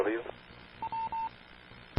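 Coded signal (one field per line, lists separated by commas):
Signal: none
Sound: a repeater's courtesy beeps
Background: speech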